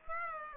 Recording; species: mosquito wingbeat signal from an infrared sensor; Aedes aegypti